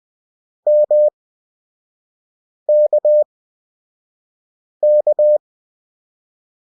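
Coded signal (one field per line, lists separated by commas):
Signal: Morse code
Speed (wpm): 20 wpm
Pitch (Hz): 600 Hz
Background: none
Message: MKK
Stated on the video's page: Beginner Morse practice of the characters K, M and U with Farnsworth timing, 5 WPM effective speed at 20 WPM character speed.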